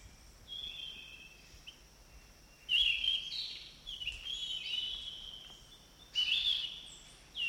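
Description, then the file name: Orange-banded thrush song: several rich, warbling whistled phrases with brief pauses between them, set against a constant thin high hiss. Forest bird. "anis cendana hutan omkicau"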